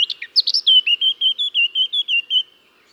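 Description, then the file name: Eurasian blackcap song: a brief scratchy chatter, then a run of clear fluty whistled notes on a steady pitch. "Sylvia atricapilla"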